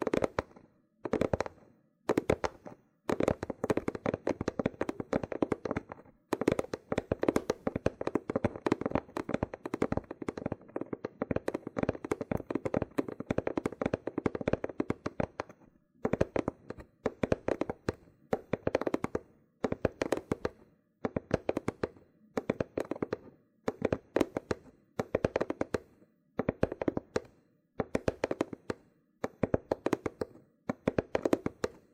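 Loofah sounds, with dense crackly peeling and popping that runs almost without a break for the first fifteen seconds. After that it comes in short bursts separated by brief silences, each burst a rapid, bright scratchy crackle.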